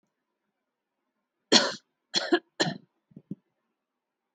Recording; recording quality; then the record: shallow voluntary cough; excellent, no background noise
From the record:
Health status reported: healthy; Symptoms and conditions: none ticked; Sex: female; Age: 43 years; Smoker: not ticked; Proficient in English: yes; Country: India